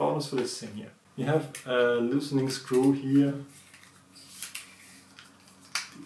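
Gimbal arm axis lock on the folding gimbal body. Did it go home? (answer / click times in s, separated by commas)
yes / 5.8 s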